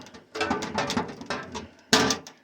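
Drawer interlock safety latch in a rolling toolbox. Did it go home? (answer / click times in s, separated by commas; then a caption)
yes / 1.9 s. A metal drawer of a rolling toolbox slides and rattles, then is shut, and its drawer interlock safety latch engages with a loud bang at 1.9 s. After that, the other drawer will not open.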